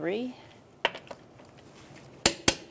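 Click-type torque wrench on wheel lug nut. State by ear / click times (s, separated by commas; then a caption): torque reached / 2.3 s, 2.5 s. Someone briefly talks at the start, then a click-type torque wrench is used to tighten the fourth lug nut on the wheel of a 2007-2012 Nissan Altima during a front brake replacement, torqued to 83 ft-lbs. A sharp tap sounds at 0.9 s with a few faint ticks after it. The wrench gives two crisp, loud clicks at 2.3 s and 2.5 s, confirming the nut has reached its set torque.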